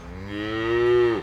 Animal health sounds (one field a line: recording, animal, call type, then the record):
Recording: contact call of a hoofed animal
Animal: cattle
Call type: low-frequency (closed-mouth) or high-frequency (open-mouth) call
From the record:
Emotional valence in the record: negative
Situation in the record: full separation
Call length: 1.23 s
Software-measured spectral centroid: 1540 Hz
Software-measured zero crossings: 1260 a second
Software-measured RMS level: -23 dBFS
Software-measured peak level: -11 dBFS